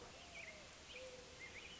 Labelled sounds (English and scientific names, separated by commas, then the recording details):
Mourning Dove (Zenaida macroura)
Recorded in Sonoma County, California